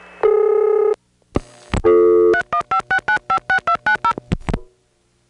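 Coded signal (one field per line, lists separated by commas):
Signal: DTMF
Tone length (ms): 90 ms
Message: 3156956290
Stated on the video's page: Long-distance telephone tones from a 1977 call from New York City to the 315 area code.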